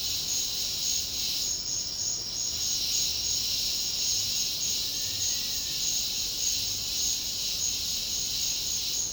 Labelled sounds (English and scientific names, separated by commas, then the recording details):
none
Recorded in secondary vegetation near Puerto Asís, Putumayo, Colombia, on 13 March 2025 at 11:30
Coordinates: 0.484, -76.319
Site G010